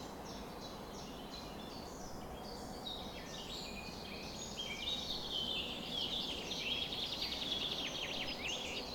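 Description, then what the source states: Birds in a dawn chorus, high twittering and trills growing busier and louder in the second half. Summer morning bird chorus recorded at 4:40 am.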